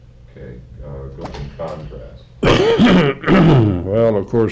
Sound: coughs